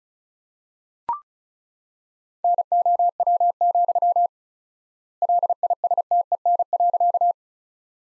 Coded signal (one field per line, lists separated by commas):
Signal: Morse code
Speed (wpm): 36 wpm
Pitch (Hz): 700 Hz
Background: none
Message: NOW, LISTEN.